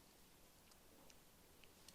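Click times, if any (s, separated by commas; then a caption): 1.1 s, 1.6 s, 1.9 s. An Allen key is turned in a bolt head on an EZ30 engine block, a bolt known for stripping. Faint ticks at 1.1, 1.6 and 1.9 seconds are heard as the key slips, and the bolt head is stripped out.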